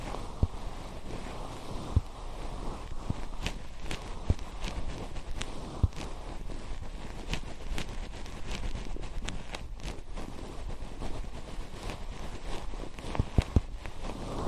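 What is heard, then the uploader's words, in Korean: Fluffy cotton ear cleaning: a steady, dense, soft rustling and brushing that stays low and muffled for the whole stretch. Short bright crackles and taps are scattered throughout, with a few soft thumps near 0.5, 2, 4, 6 and 13 seconds. 솜털 귀청소 동시에 (인트로 수다 X).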